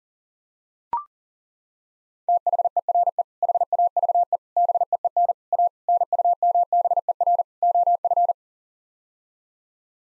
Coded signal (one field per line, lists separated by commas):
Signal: Morse code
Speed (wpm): 40 wpm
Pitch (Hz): 700 Hz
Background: none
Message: THERE HAVE BEEN A NUMBER OF